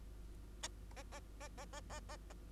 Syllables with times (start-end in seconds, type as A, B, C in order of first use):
0.63-0.68 A, 0.96-1.03 A, 1.12-1.20 A, 1.40-1.48 A, 1.58-1.65 A, 1.73-1.80 A, 1.90-2.00 A, 2.09-2.17 A, 2.30-2.33 A